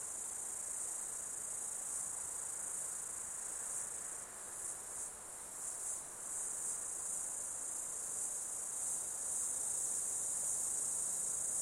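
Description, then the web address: Insect chorus, a continuous shrill buzz that dips and swells slightly midway before settling back to a steady drone. Insects during an Australian summer, outdoors. "Foundation 1 AMBIENCE AUSTRALIAN SUMMER INSECTS"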